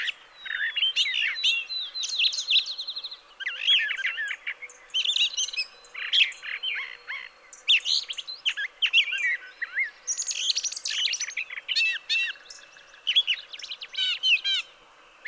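Brown thrasher song, a dense, continuous stream of varied chirps, trills and slurred whistles delivered in quick, changing phrases.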